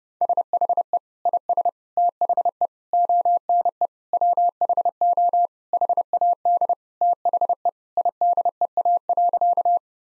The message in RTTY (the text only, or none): none